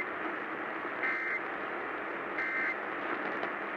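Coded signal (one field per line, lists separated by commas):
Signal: Emergency Alert System (SAME) tones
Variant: end-of-message bursts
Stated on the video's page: Real required weekly test broadcast on a station.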